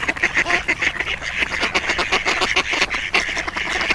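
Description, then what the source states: Ducks quacking densely and rapidly, the calls packed together into a continuous noisy chatter. Flock of ducks on a pond.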